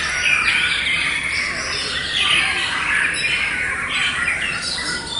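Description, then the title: White-rumped shama song of clear, loud whistled phrases sliding up and down, interspersed with twittering notes, steady and continuous. Wild white-rumped shama, original natural song, recorded in forest. "Kicau Asli Murai Batu Hutan"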